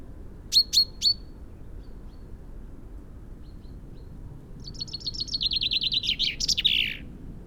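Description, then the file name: Common chaffinch giving three sharp, high call notes, then after a pause a fast trilled song phrase that runs downward and ends in a brief flourish, over low steady background rumble. "Fringilla coelebs"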